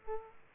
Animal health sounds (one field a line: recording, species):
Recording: mosquito wingbeat signal from an infrared sensor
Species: Aedes aegypti